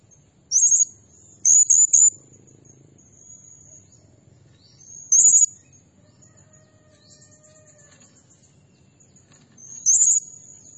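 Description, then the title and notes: Blue-crowned hanging parrot giving sharp, high, squeaky trills in short bursts at irregular intervals, over a soft low hum. Tutor and lure recording of an actively calling (gacor) bird, described as 'nembak' (shooting notes), meant to excite all birds and attract others. "Burung Serindit Nembak Gacor Bikin Emosi Semua Burung. Suara Nasteran Dan Pemikat Burung Serinditan Gacor"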